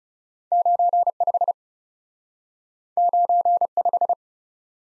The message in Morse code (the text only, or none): 9 5 9 5